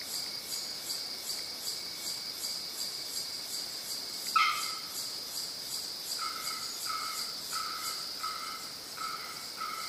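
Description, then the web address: Bearded bellbird calls: one explosive loud bock, then a series of ringing metallic tonk notes, over a steady chorus of insects. "bearded-bellbird زنگمرغ-ریشدار"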